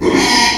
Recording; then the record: squeal of a Yucatan mini pig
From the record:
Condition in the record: after surgery on the right vocal fold (resection and tissue-engineered implant); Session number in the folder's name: 2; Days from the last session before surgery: 13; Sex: male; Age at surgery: 12 weeks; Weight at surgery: 13 kg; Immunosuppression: cyclosporine, prednisolone